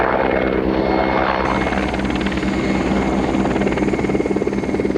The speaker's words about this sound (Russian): Летит вертолет.